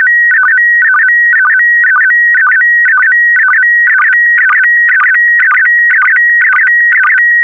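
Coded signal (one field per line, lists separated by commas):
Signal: SSTV (slow-scan television)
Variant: PD120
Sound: warbling tone near 2 kHz repeating an identical stepped pattern about twice a second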